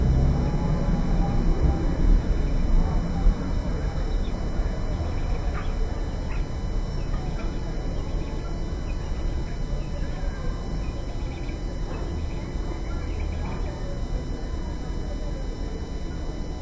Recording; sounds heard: poultry house recording; healthy chickens